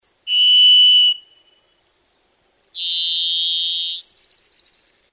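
Varied thrush song: a long, even, buzzy whistled tone, then a pause and a second, higher buzzy tone that breaks into a quavering trill at its end.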